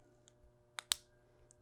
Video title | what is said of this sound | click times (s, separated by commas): Ti SAK Scales How to Install | gently press in place you'll hear a slight snap but don't try and force it any further with your fingers | 0.9 s